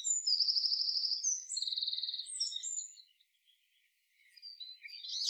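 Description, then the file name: Eurasian blackcap singing: high, rapid buzzy trills and sharp whistled notes for three seconds, a short pause, then a quieter scratchy phrase rising at the end. "Sylvia atricapilla"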